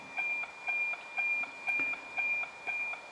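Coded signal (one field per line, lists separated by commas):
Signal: weather satellite image (APT)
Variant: NOAA APT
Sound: rhythmic high tone ticking twice a second, tick-tock over hiss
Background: radio static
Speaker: der Empfang beim wx2 IMG hat jetzt auch schon angefangen da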